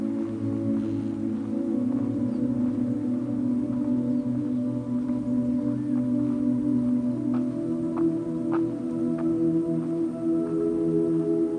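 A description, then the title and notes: Steady, droning ambience recorded at Patagonia Lake State Park in southeast Arizona, dominated by dense low humming tones that hold and shift slightly in pitch around the middle. Faint clicks and brief higher ticks scatter throughout, more frequent after eight seconds. Patagonia Lake State Park in SE Arizona.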